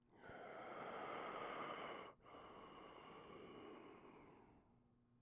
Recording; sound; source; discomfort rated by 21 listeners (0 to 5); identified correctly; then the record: sound for misophonia research; human breathing; oral or nasal; mean 3.40, standard deviation 1.48; in 42 of 42 trials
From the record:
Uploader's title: Man breathing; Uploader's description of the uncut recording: Human Male Breathing that can be used in different scenarios.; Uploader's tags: Man, Human, Breathing